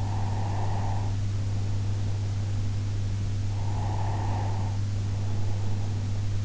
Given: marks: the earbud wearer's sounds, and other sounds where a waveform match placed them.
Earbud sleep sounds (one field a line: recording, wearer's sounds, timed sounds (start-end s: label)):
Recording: sounds in sleep by an in-ear microphone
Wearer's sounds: breath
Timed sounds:
0.07-2.61 s: breath
3.61-6.24 s: breath